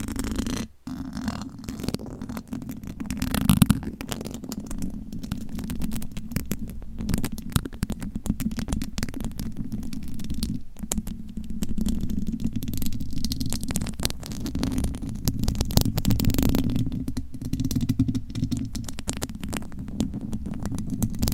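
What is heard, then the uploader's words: Fingernails scratch and tap on a microphone in a continuous stream of rapid clicks and rubbing. A heavy low hum runs underneath throughout, with a brief dropout near the start and louder, brighter scratching bursts around 3.5 and 16 seconds. ASMR Mic Scratching & Tapping with Different Nail Shapes No Talking.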